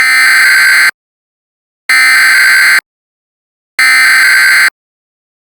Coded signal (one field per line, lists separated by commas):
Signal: Emergency Alert System (SAME) tones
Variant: header bursts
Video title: EAS Recreation - 2018 Tornado Emergency for Taylorville EAS